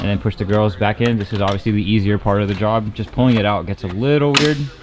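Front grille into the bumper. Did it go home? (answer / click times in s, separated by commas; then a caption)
no / none. On a BMW F92 M8, after an Eventuri carbon fiber intake install, the front grille is being handled to push it back into the bumper while someone talks throughout. Nothing has seated or clicked yet by the end of the clip.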